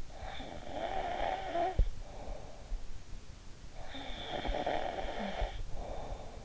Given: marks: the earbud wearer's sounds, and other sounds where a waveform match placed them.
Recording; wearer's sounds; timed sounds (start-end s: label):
sounds in sleep by an in-ear microphone; snoring breath
0.15-2.81 s: snoring breath
3.66-6.45 s: snoring breath